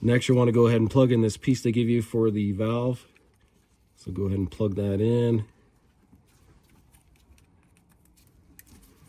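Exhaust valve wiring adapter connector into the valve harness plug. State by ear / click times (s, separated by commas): seated / 8.6 s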